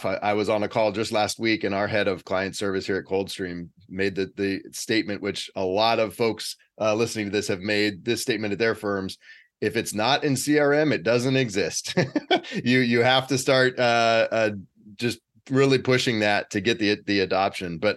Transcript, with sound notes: I was on a call just last week and our head of client service here at Coldstream made the statement, which a lot of folks listening to this have made this statement at their firms; “if it's not in CRM, it doesn't exist.” [laughs] You have to start just really pushing that to get the adoption.